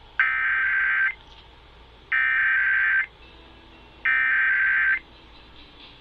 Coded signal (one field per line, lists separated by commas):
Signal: Emergency Alert System (SAME) tones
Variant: header bursts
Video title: IMAGINE MISSOULA... EAS Tests from September 2024 (EAS #5,014 - 5,053)